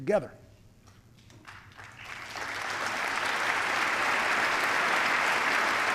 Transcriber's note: applause